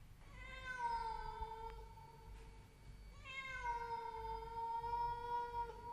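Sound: cat yowling mournfully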